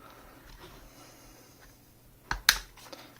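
During disassembly of a Heimerdinger LB123 cordless battery hot glue gun, the gray plastic lining on the housing is hooked and pried off its snap fasteners. After quiet handling, sharp plastic clicks ring out at 2.3 s and 2.5 s, followed by a softer tick near 2.9 s. The lining is released from its snaps.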